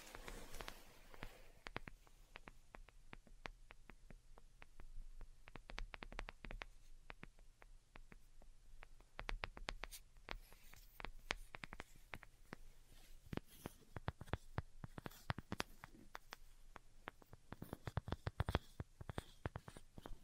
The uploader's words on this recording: ASMR DELICATE Tapping for Sleep (No Talking).